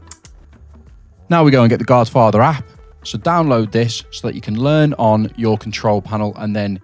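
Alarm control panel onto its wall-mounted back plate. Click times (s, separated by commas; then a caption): 0.1 s. A plastic alarm control panel is slotted down onto its back plate screwed to the wall and clicks into place with a sharp click at 0.1 s, followed by a second quieter tick at 0.3 s. After a short pause, someone talks over faint music.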